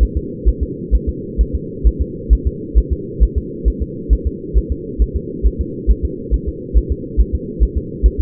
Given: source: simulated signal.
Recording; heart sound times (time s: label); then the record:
fetal heart sounds
0.03 s: S1
0.17 s: S2
0.48 s: S1
0.63 s: S2
0.95 s: S1
1.09 s: S2
1.41 s: S1
1.55 s: S2
1.87 s: S1
2.02 s: S2
2.33 s: S1
2.47 s: S2
2.78 s: S1
2.93 s: S2
3.23 s: S1
3.38 s: S2
3.68 s: S1
3.82 s: S2
4.13 s: S1
4.27 s: S2
4.58 s: S1
4.72 s: S2
5.02 s: S1
5.16 s: S2
5.47 s: S1
5.61 s: S2
5.91 s: S1
6.05 s: S2
6.34 s: S1
6.48 s: S2
6.77 s: S1
6.92 s: S2
7.20 s: S1
7.35 s: S2
7.63 s: S1
7.78 s: S2
8.06 s: S1
8.20 s: S2
From the record:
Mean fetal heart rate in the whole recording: 135 bpm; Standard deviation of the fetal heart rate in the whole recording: 3 bpm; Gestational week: 34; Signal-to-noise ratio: -4.1 dB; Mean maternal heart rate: no maternal heart sound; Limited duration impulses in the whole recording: absent